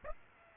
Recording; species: mosquito wingbeat signal from an infrared sensor; Aedes aegypti